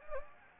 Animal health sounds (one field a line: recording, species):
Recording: mosquito wingbeat signal from an infrared sensor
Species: Anopheles gambiae